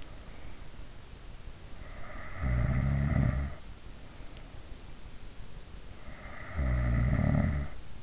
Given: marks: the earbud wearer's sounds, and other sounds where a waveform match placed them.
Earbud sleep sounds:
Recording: sounds in sleep by an in-ear microphone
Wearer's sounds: snoring breath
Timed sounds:
2.04-3.86 s: snoring breath
6.04-8.03 s: snoring breath

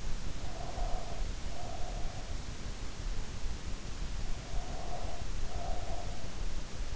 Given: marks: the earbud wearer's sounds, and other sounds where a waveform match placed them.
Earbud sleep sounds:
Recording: sounds in sleep by an in-ear microphone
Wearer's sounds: breath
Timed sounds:
0.24-2.20 s: breath
4.38-6.31 s: breath

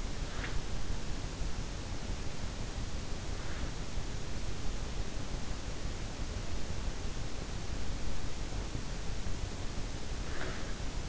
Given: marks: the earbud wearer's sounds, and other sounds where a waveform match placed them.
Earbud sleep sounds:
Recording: sounds in sleep by an in-ear microphone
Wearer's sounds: breath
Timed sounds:
0.00-0.84 s: breath
9.71-11.09 s: breath

